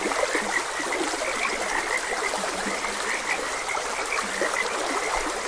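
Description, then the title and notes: Frog chorus of overlapping short croaks, some deeper calls drawn out briefly, over steady gurgling stream water. Frogs croaking beside a gentle stream. "Gentle Stream and Frogs Croaking - Calming Sounds of Nature. Sleep and Relaxation Podcast"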